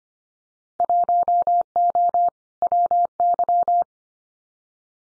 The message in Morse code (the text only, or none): 1O WY